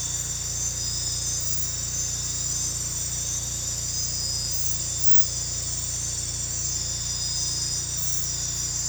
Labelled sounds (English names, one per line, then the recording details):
none
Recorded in dense forest near Puerto Asís, Putumayo, Colombia, on 16 December 2024 at 01:30
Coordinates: 0.468, -76.322
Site G071